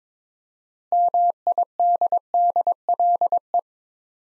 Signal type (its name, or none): Morse code